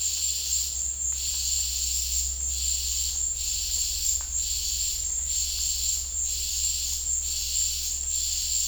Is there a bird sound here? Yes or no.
no